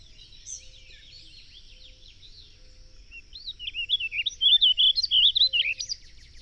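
Bird song: faint high notes at first, then a loud, rapid series of twisting whistled notes over the last two and a half seconds.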